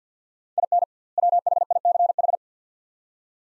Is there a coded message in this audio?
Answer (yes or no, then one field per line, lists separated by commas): yes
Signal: Morse code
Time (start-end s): 0.6-2.4 s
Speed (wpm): 50 wpm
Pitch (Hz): 700 Hz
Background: none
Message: IN WHICH